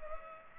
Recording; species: mosquito wingbeat signal from an infrared sensor; Culex pipiens